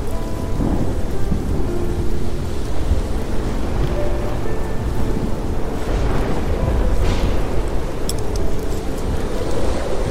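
Storm sounds: a dense, steady roar of rain and deep rumbling wind runs through the whole clip at an even level, heaviest in the low end. A few faint held tones drift over it early on, and a brighter hiss swells briefly around seven seconds.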